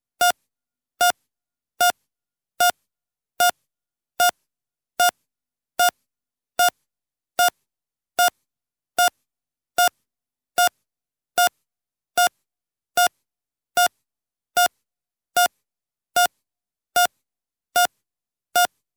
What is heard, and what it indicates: Steady heart monitor.